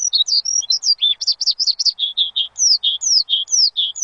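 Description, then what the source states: Bird song, lively high whistled phrases with falling slurs and chirps in quick succession. Bird chirping used to train pet birds.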